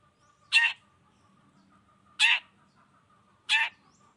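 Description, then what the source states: Long-tailed shrike giving three loud harsh rasping notes, spaced unevenly, over a faint hum. Chatty (gacor) cendet calling in the morning, 'toet toet' variation, clear voice, full variation; tutor recording easy for any cendet to imitate.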